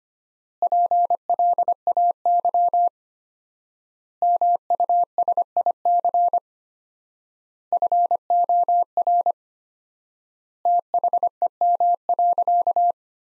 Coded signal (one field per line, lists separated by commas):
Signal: Morse code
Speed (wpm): 25 wpm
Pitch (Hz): 700 Hz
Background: none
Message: PLAY MUSIC FOR THEM.